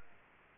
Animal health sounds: mosquito wingbeat signal from an infrared sensor; Culex quinquefasciatus

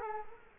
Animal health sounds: mosquito wingbeat signal from an infrared sensor; Culex quinquefasciatus

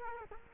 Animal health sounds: mosquito wingbeat signal from an infrared sensor; Culex quinquefasciatus

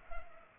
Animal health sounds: mosquito wingbeat signal from an infrared sensor; Culex pipiens

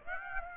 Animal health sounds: mosquito wingbeat signal from an infrared sensor; Aedes aegypti

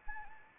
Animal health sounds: mosquito wingbeat signal from an infrared sensor; Anopheles arabiensis

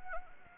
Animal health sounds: mosquito wingbeat signal from an infrared sensor; Anopheles arabiensis

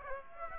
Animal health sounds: mosquito wingbeat signal from an infrared sensor; Aedes aegypti

